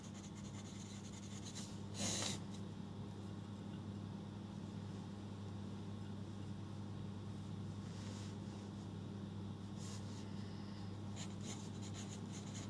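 Someone going through notes and rewriting them: short scratchy rustles of paper or pen strokes, a sharp one near two seconds and a cluster around eight to twelve seconds. A steady low hum runs underneath the whole time.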